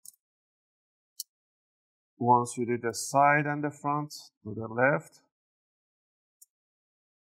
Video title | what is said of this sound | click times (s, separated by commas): How to Upgrade RAM for DELL Inspiron 16 5620 Laptop | so I'm just going to pop those clips on the front | 0.1 s, 1.2 s